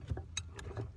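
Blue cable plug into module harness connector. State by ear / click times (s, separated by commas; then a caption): seated / 0.4 s. A blue cable's plastic plug, which had come unplugged from the module harness behind the side trim of a 2019–2022 Chevy Silverado / GMC Sierra, is pushed back into its mating socket. It seats with a sharp click at 0.4 s, followed by a softer tick at 0.6 s, over a low background rumble. The harness connector is confirmed clicked in.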